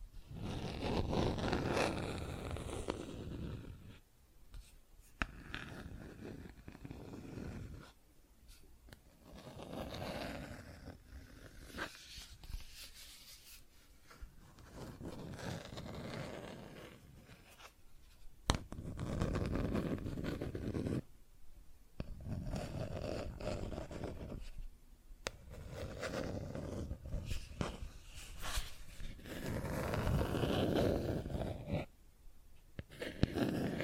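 Plastic objects are scratched and tapped in uneven bursts of rough scraping, with short pauses, occasional sharp clicks and a brief quieter stretch.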